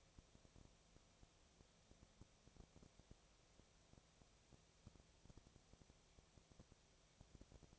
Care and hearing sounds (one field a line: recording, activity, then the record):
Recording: daily activity, microphone in the room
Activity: no activity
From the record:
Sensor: 1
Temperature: 19.6 degrees Celsius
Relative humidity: 36.4%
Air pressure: 997.0 hPa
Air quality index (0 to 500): 204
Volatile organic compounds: 129 ppm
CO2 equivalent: 3923 ppm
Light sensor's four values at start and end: 1/2/1/1 and 1/2/1/1